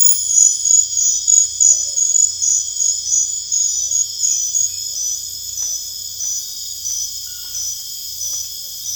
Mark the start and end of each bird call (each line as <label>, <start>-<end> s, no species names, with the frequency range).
bird call (0.1-1.2 kHz), 1.53-2.23 s